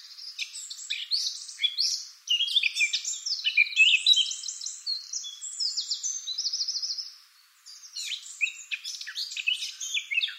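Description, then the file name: Eurasian blackcap delivering long, dense warbling, rapid scratchy and fluted notes, a brief gap, then the bubbling song resumes. "Sylvia atricapilla"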